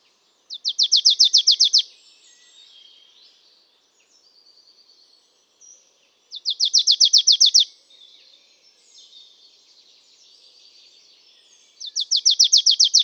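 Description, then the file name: Marsh tit repeating a fast, even series of high chipping notes in three bursts, with quiet chattering between them. "Poecile palustris"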